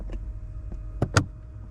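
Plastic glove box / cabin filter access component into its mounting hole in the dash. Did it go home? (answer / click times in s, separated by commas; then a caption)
yes / 1.0 s, 1.2 s. A plastic glove box / cabin air filter access piece on a 2025 Hyundai Tucson is slipped back into its mounting hole in the dash and pushed closed during a cabin air filter replacement. Two sharp plastic clicks are heard at 1.0 s and 1.2 s, after a few faint taps. The part seats in place.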